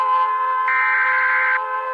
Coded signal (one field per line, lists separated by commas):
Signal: Emergency Alert System (SAME) tones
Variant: header bursts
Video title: (ARCHIVED) Debunk EAS alarms part 2 (Finally..)